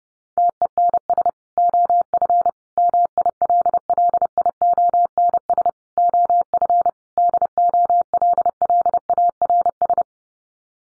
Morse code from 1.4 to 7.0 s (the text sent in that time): OF MILLIONS OF